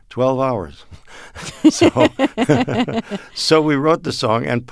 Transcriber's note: laughter